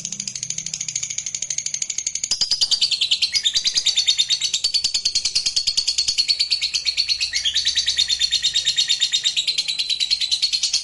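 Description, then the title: Lovebird giving an unbroken, scratchy twittering chatter, high and fast-pulsed, with slight shifts in pitch every few seconds throughout. "Suara Lovebird Ini"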